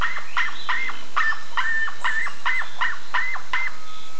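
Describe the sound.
Bird calls, short two-part notes repeated about two or three times a second in a steady series, with faint higher chatter above.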